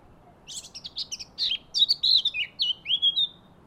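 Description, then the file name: Eurasian blackcap song: a quick scratchy chattering warble that breaks into loud clear fluted whistles, several falling and rising notes in a rich run. "Sylvia atricapilla"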